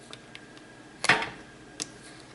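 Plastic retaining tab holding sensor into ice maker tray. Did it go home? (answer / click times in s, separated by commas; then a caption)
yes / 1.1 s. A plastic retaining tab on a Samsung refrigerator ice maker is flexed over the back of the rubber and pushed behind its catch, snapping into place at about 1.1 s with a sharp click and brief rattle. This holds the ice maker sensor in its tray. Faint ticks come before it, and another short click follows at about 1.8 s.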